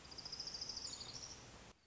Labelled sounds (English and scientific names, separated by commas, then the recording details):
Orange-crowned Warbler (Leiothlypis celata)
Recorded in Sonoma County, California